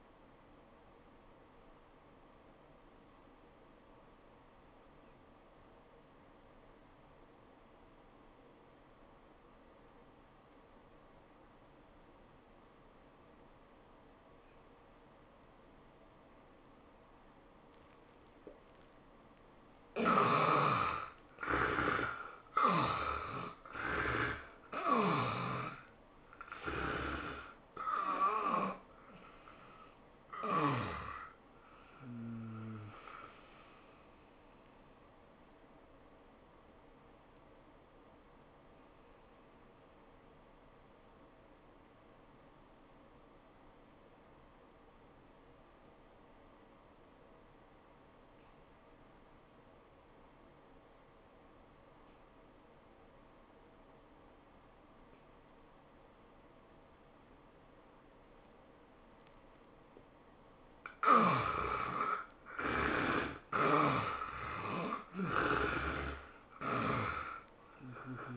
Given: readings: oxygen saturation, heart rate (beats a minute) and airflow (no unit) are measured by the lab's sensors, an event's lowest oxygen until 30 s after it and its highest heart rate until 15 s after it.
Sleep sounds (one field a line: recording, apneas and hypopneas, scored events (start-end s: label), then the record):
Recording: breathing in sleep by a voice recorder at the bedside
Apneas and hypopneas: 2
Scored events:
8.00-20.10 s: obstructive apnea (N1, oxygen 95% highest, then 73% lowest, heart rate 84 at the start, 99 highest)
37.00-60.20 s: hypopnea (N1, oxygen 96% highest, then 71% lowest, heart rate 83 at the start, 102 highest)
From the record:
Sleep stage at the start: N1 (lightest sleep)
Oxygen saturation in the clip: 71 to 96%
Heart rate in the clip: 74 to 100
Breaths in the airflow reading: 7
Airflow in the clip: -13.4 to 12.8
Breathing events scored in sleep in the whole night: 403 in 5.5 hours asleep